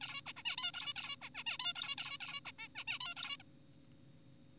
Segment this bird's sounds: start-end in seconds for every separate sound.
0.01-0.21, 0.26-0.33, 0.37-0.43, 0.45-0.56, 0.58-0.71, 0.74-0.93, 0.96-1.16, 1.22-1.29, 1.35-1.43, 1.47-1.57, 1.59-1.73, 1.76-1.95, 1.98-2.18, 2.21-2.41, 2.45-2.52, 2.59-2.68, 2.75-2.84, 2.88-2.99, 3.01-3.15, 3.17-3.37, 3.40-3.43